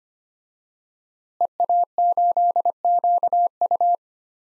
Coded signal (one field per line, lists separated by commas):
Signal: Morse code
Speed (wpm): 25 wpm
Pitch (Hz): 700 Hz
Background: none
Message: EA8QU